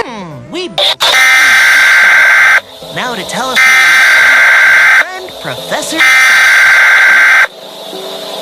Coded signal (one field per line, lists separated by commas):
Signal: Emergency Alert System (SAME) tones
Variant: header bursts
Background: speech